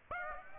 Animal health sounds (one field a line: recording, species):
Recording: mosquito wingbeat signal from an infrared sensor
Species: Aedes aegypti